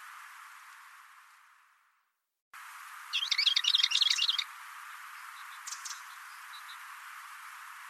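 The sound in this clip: Bird calls: a rapid burst of high, scratchy chirps lasting about a second and a half, then a brief fainter chirp, over steady hiss.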